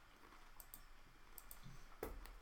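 A few quick, sharp computer mouse clicks, some in pairs and spaced unevenly, over a low steady hum, with a slightly louder click near the end. No one speaks.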